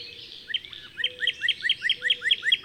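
Bird song: rapid repeated upswept chirps, evenly spaced and bright, over a soft chorus of other twittering birds and a faint low whistle.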